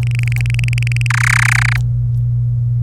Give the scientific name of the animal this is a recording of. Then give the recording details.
Serinus canaria. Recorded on 26 April 2018 at 16:21. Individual llb3